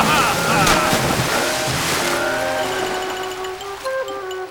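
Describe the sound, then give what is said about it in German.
A horse-drawn wagon plunges down a steep coast and crashes into the sea with a loud, rushing splash, then churning waves wash on while sustained tonal notes rise underneath and the noise slowly settles. “Nach einer etwas unsanften Landung im Meer erreichen unsere Freunde schließlich das gallische Dorf.”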